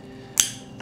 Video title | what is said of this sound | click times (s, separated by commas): DIY Lifan Dirt Bike to Electric Conversion - Part 1 | done make sure you hear that click | 0.4 s